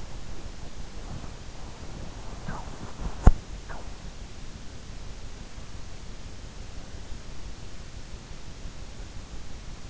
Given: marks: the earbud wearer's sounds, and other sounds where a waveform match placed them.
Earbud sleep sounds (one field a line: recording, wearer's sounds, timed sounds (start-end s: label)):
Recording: sounds in sleep by an in-ear microphone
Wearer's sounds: body movement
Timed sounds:
0.00-4.33 s: body movement